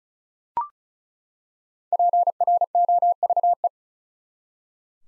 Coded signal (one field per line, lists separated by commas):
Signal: Morse code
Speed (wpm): 34 wpm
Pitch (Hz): 700 Hz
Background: none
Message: PROVE